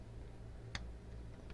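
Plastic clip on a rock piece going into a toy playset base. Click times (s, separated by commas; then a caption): 0.8 s. The plastic clip on a rock piece of a 1981 Kenner Star Wars Dagobah playset is tucked in and pushed through a hole in the toy playset base. Its small plastic clip snaps into place with a sharp click at 0.8 s, followed by a much fainter tick at 1.5 s over a low steady hum. The clip is seated, and it pushes the rock back up to its full height.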